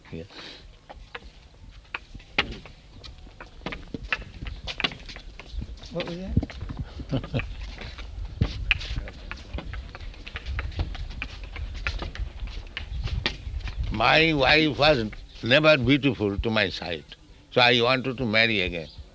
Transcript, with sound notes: Yes.
What was that?
[chuckles] My wife was never beautiful to my sight, so I wanted to marry again,